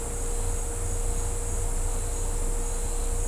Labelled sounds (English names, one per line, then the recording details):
none
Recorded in dense forest near Puerto Asís, Putumayo, Colombia, on 20 December 2024 at 10:00
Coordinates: 0.503, -76.323
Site G043